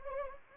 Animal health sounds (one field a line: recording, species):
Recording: mosquito wingbeat signal from an infrared sensor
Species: Anopheles gambiae